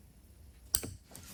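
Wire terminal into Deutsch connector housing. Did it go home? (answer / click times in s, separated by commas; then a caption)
yes / 0.8 s. A second wire terminal is pushed into a Deutsch connector housing for a wiper delay install on a Polaris Xpedition. It seats with one sharp click at 0.8 s, followed by a faint tick at 1.1 s. The terminal is confirmed seated.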